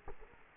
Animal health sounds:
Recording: mosquito wingbeat signal from an infrared sensor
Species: Culex quinquefasciatus

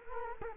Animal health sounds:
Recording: mosquito wingbeat signal from an infrared sensor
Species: Culex quinquefasciatus

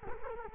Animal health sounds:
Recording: mosquito wingbeat signal from an infrared sensor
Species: Culex quinquefasciatus

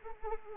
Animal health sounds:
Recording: mosquito wingbeat signal from an infrared sensor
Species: Anopheles arabiensis

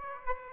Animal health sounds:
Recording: mosquito wingbeat signal from an infrared sensor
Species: Aedes aegypti

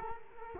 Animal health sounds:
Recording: mosquito wingbeat signal from an infrared sensor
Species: Culex quinquefasciatus

